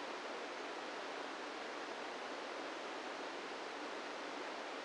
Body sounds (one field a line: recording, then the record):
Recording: brain microelectrode recording played as sound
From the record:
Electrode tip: inside the subthalamic nucleus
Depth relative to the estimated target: -1 mm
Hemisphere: right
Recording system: NeuroSet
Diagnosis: Parkinson's disease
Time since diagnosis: 17 years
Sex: male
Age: 64 years